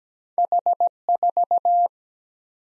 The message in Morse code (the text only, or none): H4